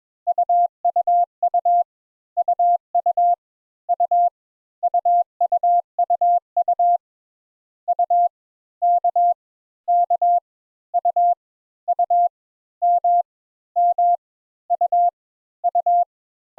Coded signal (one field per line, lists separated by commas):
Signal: Morse code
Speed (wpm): 21 wpm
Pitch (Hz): 700 Hz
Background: none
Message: UUU UU U UUUU U K K U U M M U U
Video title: Morse Code Introductory Lesson 3 Letters U and V